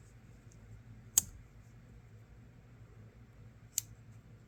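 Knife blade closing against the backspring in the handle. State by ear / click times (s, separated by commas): not seated / none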